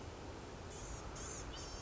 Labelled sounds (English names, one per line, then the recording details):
Blue-gray Gnatcatcher
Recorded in Sonoma County, California